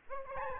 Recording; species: mosquito wingbeat signal from an infrared sensor; Aedes albopictus